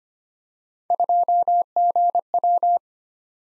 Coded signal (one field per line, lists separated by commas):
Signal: Morse code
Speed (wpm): 25 wpm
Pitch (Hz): 700 Hz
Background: none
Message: 2GW